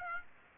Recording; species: mosquito wingbeat signal from an infrared sensor; Aedes aegypti